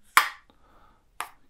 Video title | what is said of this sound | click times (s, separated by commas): Soundcore Liberty Air 2 Pro - Great Alternative To Airpods | it's got that satisfying click when closing it again. | 0.2 s